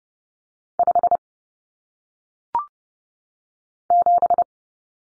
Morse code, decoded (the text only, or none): 5 7